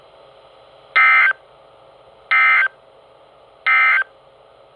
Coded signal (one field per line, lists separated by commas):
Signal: Emergency Alert System (SAME) tones